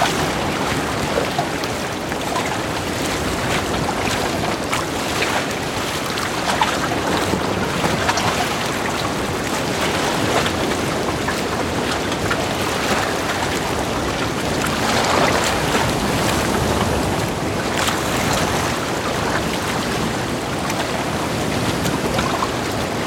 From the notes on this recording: audio recording from a sail trip that ended with a bad thunder storm rain at the bavarian lake Chiemsee, near the alps